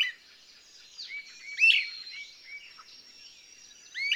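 Bird song of high, quick chirps and slurred notes, with one louder chirp in the middle and another at the close.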